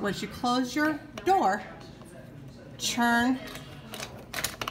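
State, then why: Seated. Someone talks while the door of a metal school locker is closed and its built-in dial/handle is turned until the latch engages. A series of small clicks and rattles follows, and the sharp click at 4.6 s marks the lock seating, so the locker is locked.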